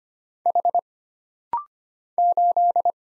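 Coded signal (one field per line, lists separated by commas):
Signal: Morse code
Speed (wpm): 25 wpm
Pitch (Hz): 700 Hz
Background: none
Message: H 8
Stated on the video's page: Computer-generated Morse at 25 wpm for rapid-fire single-character recognition drill: letters, numbers, punctuation and prosigns, each character sent twice.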